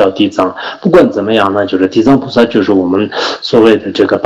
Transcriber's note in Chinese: none